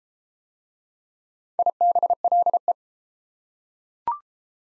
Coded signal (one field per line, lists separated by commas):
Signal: Morse code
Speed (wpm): 30 wpm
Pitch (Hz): 700 Hz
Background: none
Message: IBLE